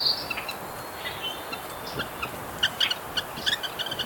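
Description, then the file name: Red-breasted Nuthatch calls, a quick series of short nasal, tinny notes clustered in the last second and a half, over steady background hiss with a brief high whistle at the start. "Sitta canadensis - Red-breasted Nuthatch"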